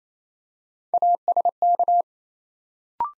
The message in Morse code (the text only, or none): ASK